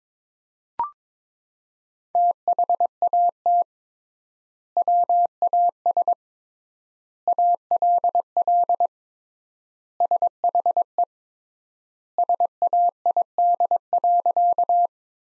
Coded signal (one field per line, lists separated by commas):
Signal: Morse code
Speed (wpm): 21 wpm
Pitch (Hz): 700 Hz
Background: none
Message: THAT WAS ALL SHE SAID.